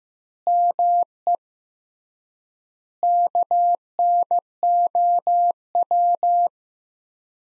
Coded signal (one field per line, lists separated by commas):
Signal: Morse code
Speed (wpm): 16 wpm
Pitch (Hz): 700 Hz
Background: none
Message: ME KNOW